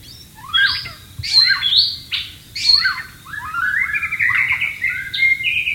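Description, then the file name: White-rumped shama song, a varied sequence of rich descending whistles building into a rapid rolling warble. Wild bird recorded in natural habitat. "suara burung murai batu di alam liar"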